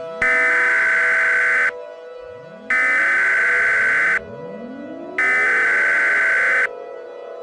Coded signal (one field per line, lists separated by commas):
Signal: Emergency Alert System (SAME) tones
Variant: header bursts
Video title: Eas mock: WE WILL FIND YOU